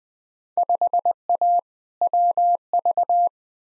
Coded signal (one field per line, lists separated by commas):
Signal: Morse code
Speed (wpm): 20 wpm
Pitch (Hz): 700 Hz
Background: none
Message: 5A WV